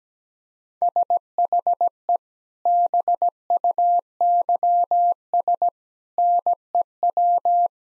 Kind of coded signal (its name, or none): Morse code